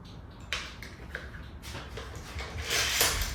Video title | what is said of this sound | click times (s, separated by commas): Dewalt Cordless Framing Nailer-Is it worth it? | loading Nails you'll just pull this back it locks in place | 0.5 s